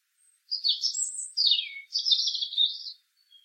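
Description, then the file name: European robin song phrase: a quick burst of high, liquid, tinkling notes falling into a trill, then a shimmering run of rapid, high warbles. "Erithacus rubecula"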